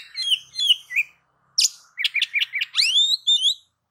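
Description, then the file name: Oriental magpie-robin song: bursts of bright whistled phrases, a sharp harsh note, then a quick series of short chips leading into long sweeping rising whistles. "Suara-Kacer-Versi-7"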